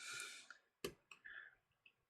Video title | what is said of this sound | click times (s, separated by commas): How to clean fans & vents on a Dell Precision 5560 Laptop - Step-by-step Guide | Yeah, nice click. | 0.9 s